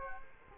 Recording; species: mosquito wingbeat signal from an infrared sensor; Culex quinquefasciatus